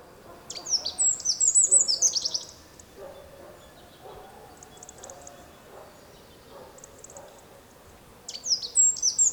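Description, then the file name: Eurasian wren song: a loud, fast, very high rattling trill for about two seconds near the start, then quiet background, then another burst begins at the end. "Troglodytes troglodytes"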